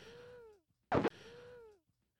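An adult's breathing with two drawn-out musical whistles, split by a brief noise burst: wheezing from narrowed airways.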